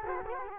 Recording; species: mosquito wingbeat signal from an infrared sensor; Culex quinquefasciatus